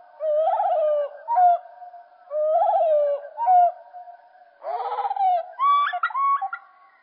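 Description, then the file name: Common blackbird song at reduced speed, two matching mellow warbled phrases with short tail notes, then a rougher burst followed by higher chirps. Song slowed down. "Merle Et Merle Au Ralenti Merle noir ralenti"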